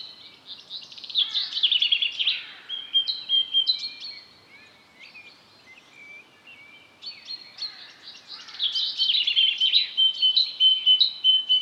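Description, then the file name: Great tit song of repeated two-note phrases, mixed with busy scratchy chatter and other high calls, in two loud bouts separated by a quieter spell. "Parus major"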